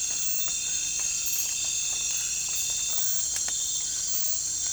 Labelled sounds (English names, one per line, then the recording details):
none
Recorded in pastures near Puerto Asís, Putumayo, Colombia, on 16 December 2024 at 03:30
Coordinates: 0.466, -76.322
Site G040